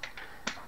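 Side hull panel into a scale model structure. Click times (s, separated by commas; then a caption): 0.5 s. A side hull panel is pressed onto the structure of a Millennium Falcon scale model, which is not yet glued. Two light taps come near 0.0 s and 0.2 s, then a sharp snap at 0.5 s as the panel clips into place and seats.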